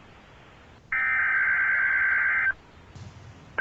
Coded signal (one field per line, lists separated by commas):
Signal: Emergency Alert System (SAME) tones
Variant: header bursts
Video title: Tornado Watch (EAS #174)